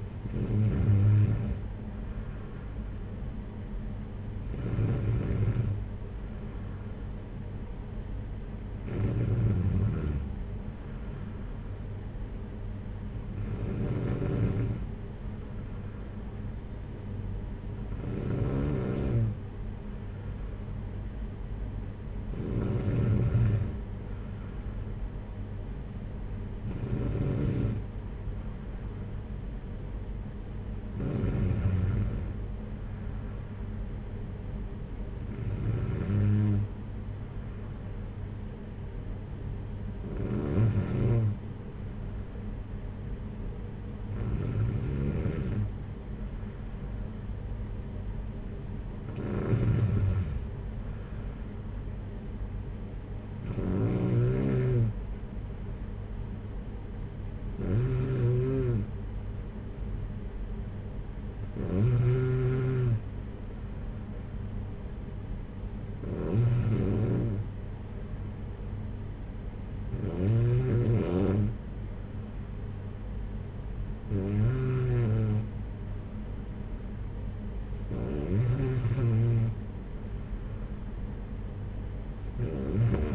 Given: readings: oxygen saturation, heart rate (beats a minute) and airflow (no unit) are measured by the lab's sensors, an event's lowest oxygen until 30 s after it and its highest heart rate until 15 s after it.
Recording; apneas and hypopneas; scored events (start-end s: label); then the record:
breathing in sleep by a smartphone at the bedside; none
none scored
From the record:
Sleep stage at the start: N2 (light sleep); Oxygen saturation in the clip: 93 to 95%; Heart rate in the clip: 51 to 60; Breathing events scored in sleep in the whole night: 226 in 8.8 hours asleep